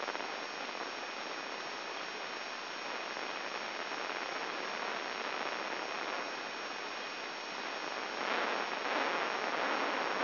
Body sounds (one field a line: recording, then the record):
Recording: brain microelectrode recording played as sound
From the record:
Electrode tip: inside the subthalamic nucleus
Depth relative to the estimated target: -2 mm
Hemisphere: right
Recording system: AlphaMap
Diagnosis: Parkinson's disease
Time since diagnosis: 7 years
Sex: male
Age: 59 years